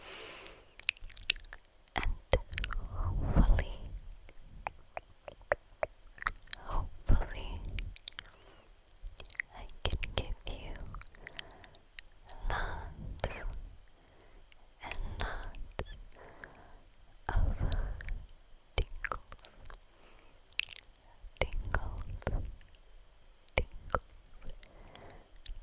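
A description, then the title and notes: Soft mouth sounds fill the recording: wet clicks, smacks and little chewing-like squishes arriving in irregular bursts, with thicker clusters near 3, 13 and 18 seconds. Between them a faint hiss lingers, and a few breathy, whisper-like sounds surface. Slow Face Touching and Soft Mouth Sounds.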